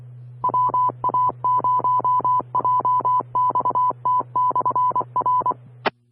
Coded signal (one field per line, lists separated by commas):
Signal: Morse code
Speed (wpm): 24 wpm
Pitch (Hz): 1000 Hz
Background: none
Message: WA0JXT/R